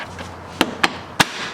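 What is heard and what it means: A plastic trim cover that hides the five center T25 Torx bolts on the front bumper of a BMW E60 M5 is lined up by sight and smacked with the palm of the hand to seat its clips. Three sharp palm hits land at about 0.6, 0.8 and 1.2 seconds. The trim piece snaps down into place.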